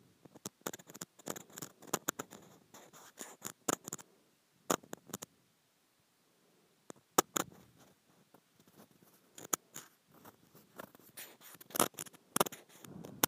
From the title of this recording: Scratching Rippled Plastic